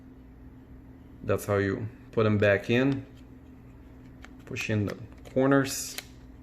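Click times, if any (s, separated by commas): none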